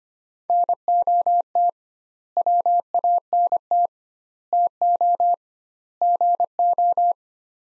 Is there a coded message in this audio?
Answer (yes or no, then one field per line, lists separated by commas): yes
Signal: Morse code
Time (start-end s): 0.5-7.1 s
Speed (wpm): 25 wpm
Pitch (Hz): 700 Hz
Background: none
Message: NOT WANT TO GO